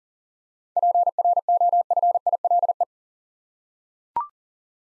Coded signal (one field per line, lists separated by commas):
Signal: Morse code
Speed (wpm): 42 wpm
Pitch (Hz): 700 Hz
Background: none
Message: PROFILE